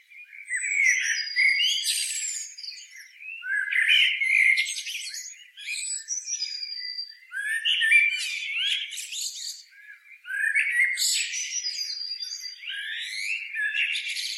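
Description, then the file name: Common blackbird with several song phrases, each starting in a mellow warble and breaking into high, squeaky flourishes. "Turdus merula"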